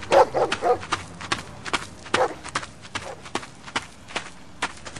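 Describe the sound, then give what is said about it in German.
A dog barks in a few short, sharp bursts, mostly early on, over a steady run of quick clattering footfalls that continues throughout. “Oder soll ich erst den Hund auf dich hetzen?”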